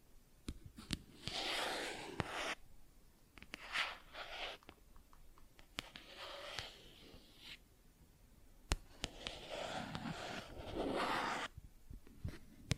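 Plastic objects are tapped and scratched in irregular bursts. Sharp isolated clicks land every second or so, while longer rough scraping passages of one to two seconds recur, strongest near the start and again around nine to eleven seconds, with quiet gaps between.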